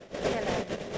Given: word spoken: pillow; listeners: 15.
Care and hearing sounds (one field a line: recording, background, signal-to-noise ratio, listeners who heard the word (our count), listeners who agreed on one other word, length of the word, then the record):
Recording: one English word in noise, from a listening test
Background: noise modulated by three-talker babble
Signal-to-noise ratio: -7.1 dB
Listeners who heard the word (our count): 0 of 15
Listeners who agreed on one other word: 9 of 15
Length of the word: 0.58 s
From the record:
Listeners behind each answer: 9, 2, 2, 1, 1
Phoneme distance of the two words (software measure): 20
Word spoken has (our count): 2 syllables, 4 phonemes, stress on syllable 1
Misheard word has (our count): 2 syllables, 4 phonemes, stress on syllable 1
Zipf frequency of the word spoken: 3.73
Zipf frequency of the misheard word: 4.37